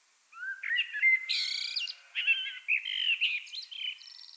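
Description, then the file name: Common blackbird in full song: a continuous mellow warble mixed with bright, buzzy high twitters and squeaky notes throughout. "Turdus merula"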